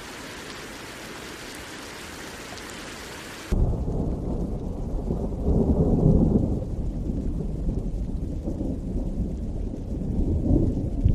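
Rain opens as a soft, even hiss, fine and bright, steady for the first few seconds. Around three and a half seconds it cuts abruptly to a louder, deeper, muffled roar with a low rumble, swelling near six seconds before settling into a dense, steady wash.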